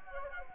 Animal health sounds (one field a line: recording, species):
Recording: mosquito wingbeat signal from an infrared sensor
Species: Anopheles gambiae